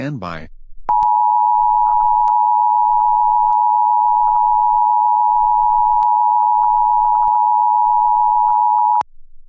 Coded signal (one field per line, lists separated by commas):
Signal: Emergency Alert System (SAME) tones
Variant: 853 and 960 Hz attention tone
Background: speech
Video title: EAS Scenario: California Girls Attack Part 16